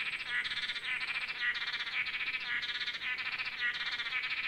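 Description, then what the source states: Blue-backed manakins calling in a dense chorus of nasal, buzzy notes, overlapping and repeated rapidly without pause. Several birds calling together.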